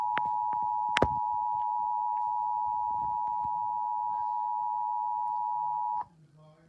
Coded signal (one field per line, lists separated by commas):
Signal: Emergency Alert System (SAME) tones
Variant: 853 and 960 Hz attention tone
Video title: [EAS SCENARIO] - Bonesworth